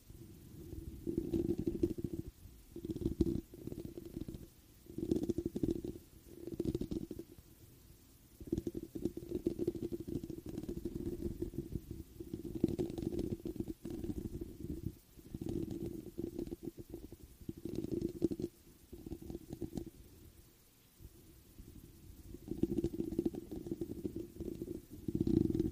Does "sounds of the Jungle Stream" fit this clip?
no